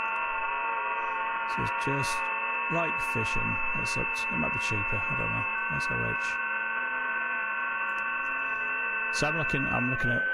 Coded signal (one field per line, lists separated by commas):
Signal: FT8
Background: speech